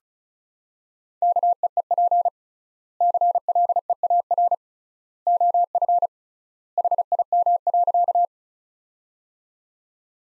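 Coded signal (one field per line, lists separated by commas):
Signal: Morse code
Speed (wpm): 36 wpm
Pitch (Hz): 700 Hz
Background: none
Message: KEEP CLEAR OF HIM.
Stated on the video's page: Practice sentences of the top 500 words sent at 35 wpm with 3x standard word spacing, a word-based analogue of Farnsworth spacing.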